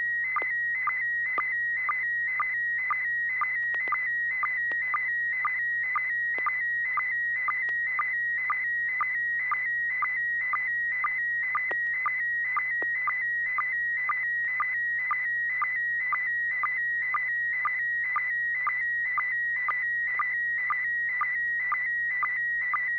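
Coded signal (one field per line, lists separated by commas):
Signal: SSTV (slow-scan television)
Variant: PD120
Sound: warbling tone around 2 kHz with short low chirps twice a second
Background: low steady hum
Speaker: I am. This is N6PGQ, and this is supposed to be PD 120.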